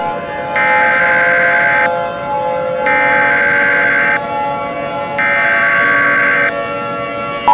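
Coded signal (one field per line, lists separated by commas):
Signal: Emergency Alert System (SAME) tones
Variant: header bursts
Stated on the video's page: Fictional EAS scenario, a simulated alert rather than a real broadcast.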